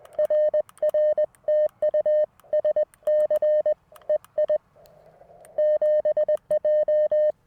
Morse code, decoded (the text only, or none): RR TU SC EI 7J